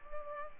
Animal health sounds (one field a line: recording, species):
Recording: mosquito wingbeat signal from an infrared sensor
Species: Culex pipiens